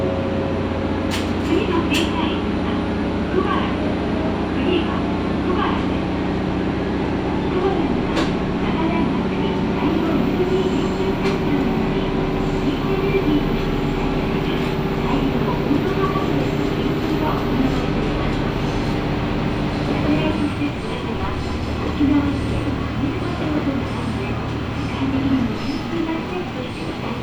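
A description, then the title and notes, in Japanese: A Matsuura Railway train runs from Matsuura toward Imari, its engine a steady low drone with held tones throughout. Scattered clicks and rattles ride on top, with sharp ticks near the start and around eight seconds; at about 21 seconds the drone shifts pitch. 松浦鉄道 松浦→伊万里。松浦から伊万里は海岸線に沿ったりしながら磁器で有名な伊万里へ向かいます。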